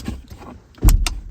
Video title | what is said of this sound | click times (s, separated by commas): Jeep Grand Cherokee & Dodge Durango Park Override Procedure (2014+) | See that? You hear the clunk? | 1.1 s